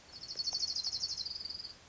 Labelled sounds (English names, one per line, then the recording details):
Orange-crowned Warbler
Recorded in Sonoma County, California